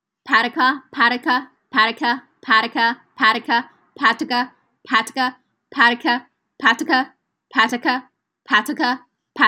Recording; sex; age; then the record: repeated syllables /pa ta ka/; female; 20 to 29 years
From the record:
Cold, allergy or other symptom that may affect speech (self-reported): no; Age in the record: 24 years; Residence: Texas, United States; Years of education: 16